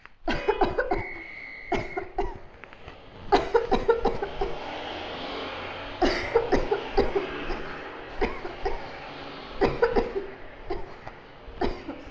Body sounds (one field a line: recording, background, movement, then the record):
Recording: voluntary coughing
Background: traffic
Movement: sitting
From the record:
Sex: female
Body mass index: 18.8 kg/m2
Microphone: on the chest, facing outward